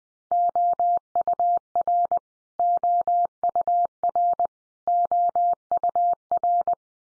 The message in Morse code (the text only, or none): OUR OUR OUR